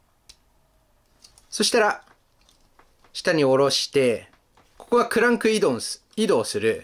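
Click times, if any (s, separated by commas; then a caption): 0.3 s. A limb of a plastic Live Robo toy robot is lowered to release its lock during transformation, and a single sharp tick at 0.3 s marks the lock clicking open. Someone then talks over a few faint handling ticks.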